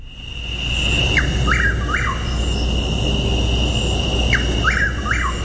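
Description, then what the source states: Chuck-will's-widow giving its three-syllable whistled call, a short lead note then two swooping slurred notes, heard twice, over a steady high insect drone and low hum. Three-syllable onomatopoeic call.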